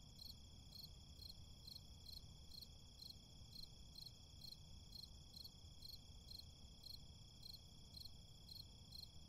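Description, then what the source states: Crickets producing steady, rhythmic high chirps about twice a second, accompanied by a constant whining tone and low rumble. Crickets recorded in a city.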